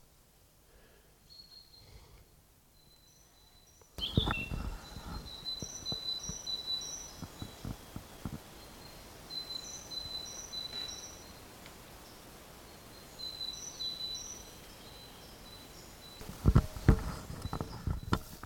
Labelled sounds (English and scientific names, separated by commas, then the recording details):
Eurasian Blackcap (Sylvia atricapilla)
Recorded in the wild
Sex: male
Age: adult
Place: Mühlenbeck, Brandenburg, DE
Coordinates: 52.667, 13.37
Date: 1992-05-23 12:53
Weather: 23-24°C, böiger Wind
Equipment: Nagra SN, Mikrofon AKG CK 8, Kopie Tesla B 116
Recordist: Tembrock, Günter